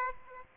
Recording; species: mosquito wingbeat signal from an infrared sensor; Aedes aegypti